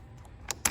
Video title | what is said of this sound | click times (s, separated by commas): Installing XPCTD LED Headlights On Wrangler JK | push and push this back in and lock it in place and you're good to go um | 0.7 s